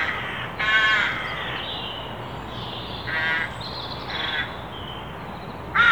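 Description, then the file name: Carrion crow giving harsh, raspy caws: a long one near the start, then shorter ones, with thin whistled notes from other birds behind. "Corvus corone"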